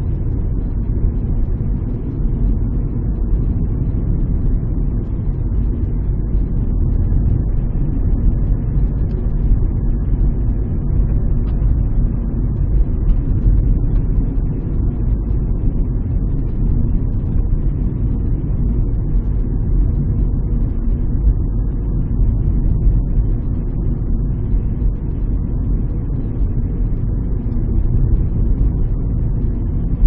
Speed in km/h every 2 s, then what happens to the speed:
40, 39, 39, 38, 40, 40, 40, 37, 40, 41, 41, 40, 39, 40, 41.
0-30 steady at about 40.